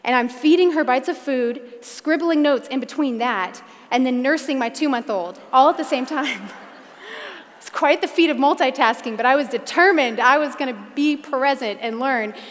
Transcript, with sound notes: and I’m feeding her bites of food, scribbling notes in-between that, and then nursing my two-month-old—all at the same time! (laughter) It was quite the feat of multitasking, but I was determined I was going to be present and learn!